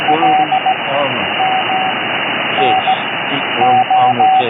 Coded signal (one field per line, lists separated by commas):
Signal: Morse code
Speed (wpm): 16 wpm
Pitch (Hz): 760 Hz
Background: speech, radio noise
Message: L M N O